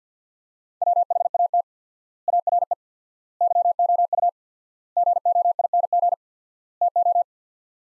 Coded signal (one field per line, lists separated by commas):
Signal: Morse code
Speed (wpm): 49 wpm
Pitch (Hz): 700 Hz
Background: none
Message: WHAT ARE YOU GOING TO